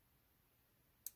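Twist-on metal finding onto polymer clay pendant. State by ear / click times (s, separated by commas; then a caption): seated / 1.1 s. A twist-on metal jewelry finding is twisted front to back and a little further onto a polymer clay pendant during assembly. After about a second of near silence, one sharp click sounds at 1.1 s. The finding is seated on the pendant.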